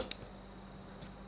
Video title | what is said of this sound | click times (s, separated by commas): Joycon Nintendo Switch Bị Nhiều Lỗi - Hướng Dẫn Sửa & Kiểm Tra - Video Full @thanhlongshop | Kêu cạch là ok ha. | 0.1 s